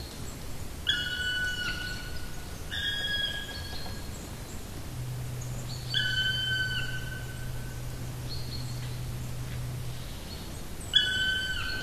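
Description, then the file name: Black woodpecker calling four times, each a ringing, drawn-out note that sags slightly at the end, spaced a few seconds apart, with a low droning hum in the middle stretch. "patrick franke-schwarzspecht-black woodpecker-dryocopus martius"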